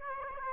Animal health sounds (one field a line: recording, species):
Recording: mosquito wingbeat signal from an infrared sensor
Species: Aedes aegypti